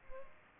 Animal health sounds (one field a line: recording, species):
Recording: mosquito wingbeat signal from an infrared sensor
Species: Culex pipiens